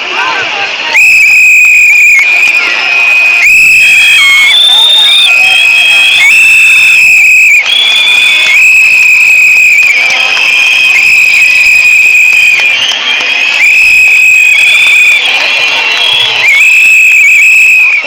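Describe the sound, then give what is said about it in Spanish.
A large crowd of women cheers and shouts in loud, shrill, sustained cries, with applause and piercing whistle-like calls rising and falling without pause throughout, in a packed Plaza de Unamuno during the 8 March 2018 women's mobilization. “Ahora en la Plaza de Unamuno todas las mujeres aplaudiendo y gritando.”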